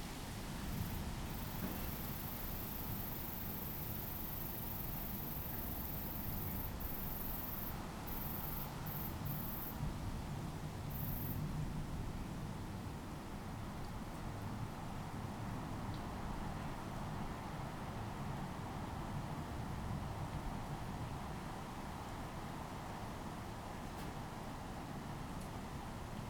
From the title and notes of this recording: Rain and Distant Train in Bunnadoon, New South Wales, Australia. It's night time in the tiny village of Bunnadoon, nestled in the hills of the Southern Highlands. The rain has come, and in the far distance the haunting sound of a freight train.